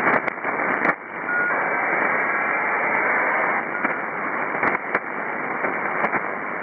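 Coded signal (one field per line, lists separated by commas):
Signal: ACARS aircraft data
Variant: HFDL (ACARS over HF)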